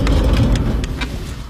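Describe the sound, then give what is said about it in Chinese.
Heavy rain-like hissing, made by a home shower, washing machine and range hood switched on, runs steadily over a deep, continuous rumble of thunder, with a few brief splashy crackles standing out. The rumble stays loud throughout, easing slightly toward the end, and no one speaks. “啊，这边还打雷呢。你听，听见没有？”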